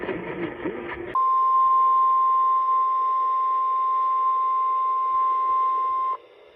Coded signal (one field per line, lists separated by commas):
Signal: Emergency Alert System (SAME) tones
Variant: 1050 Hz attention tone